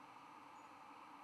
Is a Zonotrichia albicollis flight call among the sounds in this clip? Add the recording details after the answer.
no. No flight call is heard. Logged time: 00:50 on 11 November 2014